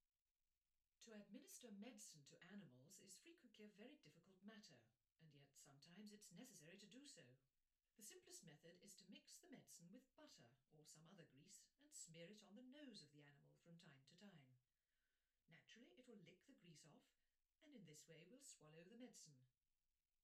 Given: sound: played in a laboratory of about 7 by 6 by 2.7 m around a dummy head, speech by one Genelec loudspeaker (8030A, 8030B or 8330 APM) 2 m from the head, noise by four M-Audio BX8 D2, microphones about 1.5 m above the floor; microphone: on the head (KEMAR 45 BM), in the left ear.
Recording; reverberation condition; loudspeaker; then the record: female speech in English; low; 30 degrees to the right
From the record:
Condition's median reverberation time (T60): about 310 ms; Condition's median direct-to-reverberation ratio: about 3.5 dB